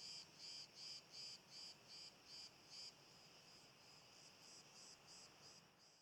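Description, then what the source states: Crickets chirping, a steady train of high buzzy pulses about three per second, loud at first and then fainter, over a soft hiss. Described as an overtone play of crickets.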